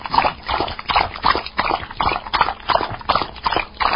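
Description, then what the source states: Dog lapping water in a steady rhythm, each wet slurp followed by a short pause, repeated throughout. Drinking water.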